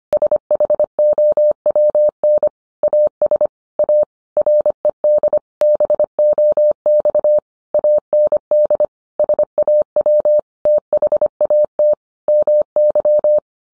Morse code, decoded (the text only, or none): SHOWN AS A RED BOX AND SAW THAT MY